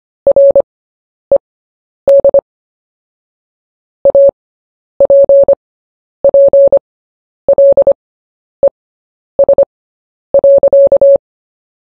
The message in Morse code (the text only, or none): RED APPLES.